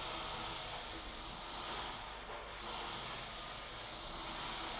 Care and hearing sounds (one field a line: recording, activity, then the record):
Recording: daily activity, microphone in the room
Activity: vacuum cleaning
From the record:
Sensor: 5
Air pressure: 992.0 hPa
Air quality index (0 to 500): 175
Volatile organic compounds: 621 ppm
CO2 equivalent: 4959 ppm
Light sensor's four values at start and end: 30/104/38/41 and 30/104/38/41